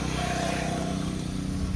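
The tabs of a metal anti-rattle retaining clip are being pressed into the holes on the back side of a front brake pad from a C4 Corvette, to fix a clunk when driving. A steady low, engine-like hum runs throughout with no sharp sounds. Nothing has seated or clicked yet.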